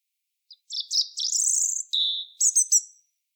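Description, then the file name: European robin song of high sweet warbled notes, a sustained shimmering whistle, a lower steady tone, then three quick sharp chips. "Erithacus rubecula"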